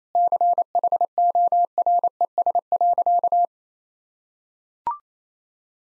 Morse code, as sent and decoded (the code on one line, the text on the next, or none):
-.-. .... --- .-. . ... .-.-.-
CHORES.